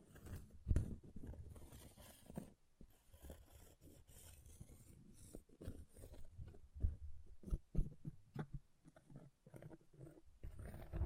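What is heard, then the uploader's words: An object scratches and scrapes in short, uneven strokes, with irregular bursts of rough, gritty rasping and brief sharp knocks around one, five, seven and eight seconds. The sound is mostly low and thuddy, with scratchy hiss on top and short pauses between bursts. ASMR Brain Melting Object Scratching (No Talking).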